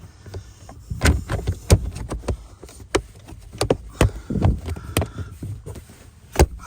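On a 2021 Nissan Kick, the plastic cover panel under the glovebox area is pressed back into place on the dashboard trim after a cabin air filter change. A series of sharp clip snaps sounds at 1.7, 3.0, 3.6, 4.0 and 5.0 seconds, with another sharp snap at 6.4 seconds. The trim panel clips snap in and the panel is seated.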